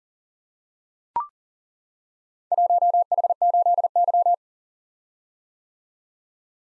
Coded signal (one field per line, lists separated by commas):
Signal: Morse code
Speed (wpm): 42 wpm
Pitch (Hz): 700 Hz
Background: none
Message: 1H8Y